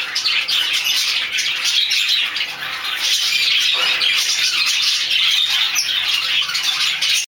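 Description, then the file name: Budgerigar warbling without pause, a busy mix of rasping notes, clicks and brief whistles that ends abruptly. "dutch sound budgie"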